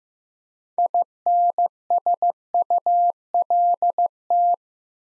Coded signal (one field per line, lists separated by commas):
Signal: Morse code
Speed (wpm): 15 wpm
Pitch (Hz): 700 Hz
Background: none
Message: INSULT